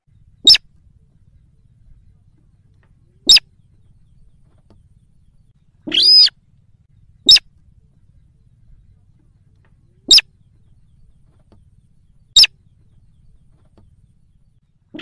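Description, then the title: Yellow-vented Bulbul call: one short, harsh harmonic note set among five sharp, very brief clicks spaced about every two to three seconds, with silence between. Lure (pikat) call used to attract birds for trapping. "PIKAT TRUCUKAN"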